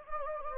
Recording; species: mosquito wingbeat signal from an infrared sensor; Anopheles gambiae